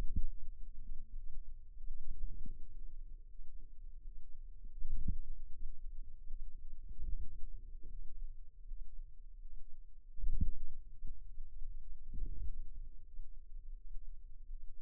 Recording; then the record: forearm muscle sounds (acoustic myography)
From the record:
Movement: wrist flexion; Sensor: system 2, bracelet of six BSWA MPA416 microphones around the upper forearm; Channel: 6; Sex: female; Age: 23 years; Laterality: right